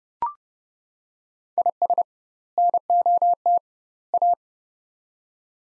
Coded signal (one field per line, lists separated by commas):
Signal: Morse code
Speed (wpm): 30 wpm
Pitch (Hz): 700 Hz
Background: none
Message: IS NOT A